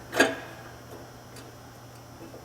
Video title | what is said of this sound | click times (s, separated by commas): VW Shift Rod Bushing, How-to Install the Custom Bushing from EV4U | make sure that it's locked in place which it is I heard it click so that's at | 0.2 s